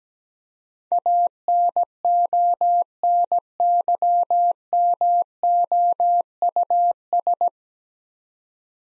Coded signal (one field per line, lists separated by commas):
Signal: Morse code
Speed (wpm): 17 wpm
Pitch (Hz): 700 Hz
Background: none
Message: ANONYMOUS